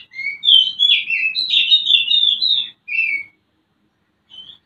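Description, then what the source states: Oriental magpie-robin singing a loud run of warbled, whistled phrases, then a short falling note and a final brief whistle after a pause. Used to stimulate another bird to sing; mating-season (birahi) song.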